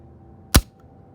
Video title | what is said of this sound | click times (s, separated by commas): Cooey Carcano Big Game rifle 6.5x54 | it just is a hair i didn't even barely touch it and it just | 0.6 s